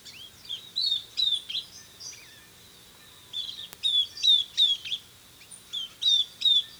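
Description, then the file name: Southern beardless tyrannulet: sharp high whistled notes slurring downward, in clusters of three or four, with a short quiet spell midway. "Camptostoma obsoletum - Southern Beardless Tyrannulet"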